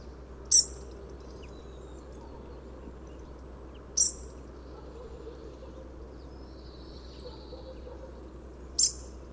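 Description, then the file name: European robin calling with three thin, very high, sharp notes spaced several seconds apart; a faint drawn-out tone in between and low background rumble. "Erithacus rubecula"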